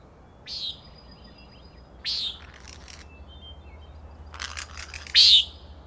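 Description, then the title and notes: Common nighthawk calling three harsh nasal peents spaced irregularly, the last loudest, over soft background bird chatter and a low hum. Peenting calls from up to three birds flying in close formation; Schoodic Head overlook, Acadia National Park, Winter Harbor, Maine; 16 June 2017, 4am. "Common Nighthawks, Schoodic Head 061617 4am. 3 common nighthawks making peenting calls and wings booms but also a rattling noise at the Overlook (410 ft) on Schoodic Head (435 feet) Schoodic division Acadia National Park Winter Harbor, ME"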